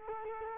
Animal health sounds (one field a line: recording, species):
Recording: mosquito wingbeat signal from an infrared sensor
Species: Culex quinquefasciatus